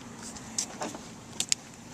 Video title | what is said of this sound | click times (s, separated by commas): Jeep JK Trailer Wiring Installation | male to female female to male until it clicks | 1.5 s